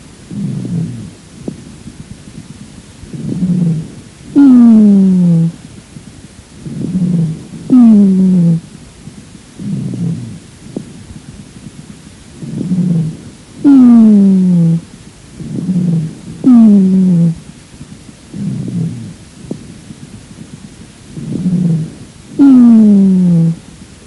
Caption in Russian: Местом образования более низкочастотных басовых хрипов являются крупные и средние бронхи. Запись сухих басовых хрипов, сделанную у другой больной хроническим бронхитом основной дыхательный шум представлен жестким дыханием.